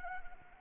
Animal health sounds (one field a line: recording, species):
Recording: mosquito wingbeat signal from an infrared sensor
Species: Anopheles arabiensis